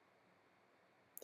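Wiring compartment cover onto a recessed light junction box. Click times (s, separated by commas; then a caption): 1.2 s. The plastic cover of a recessed light's junction box slides over the top after the wires are pushed in. After about a second of quiet, steady background hiss, one short, sharp click sounds at 1.2 s as the cover snaps into place.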